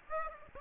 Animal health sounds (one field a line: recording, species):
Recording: mosquito wingbeat signal from an infrared sensor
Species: Aedes aegypti